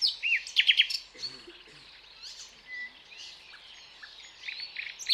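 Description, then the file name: Common nightingale song, a busy run of high chirps and quick repeated notes, then scattered softer phrases. "Luscinia megarhynchos"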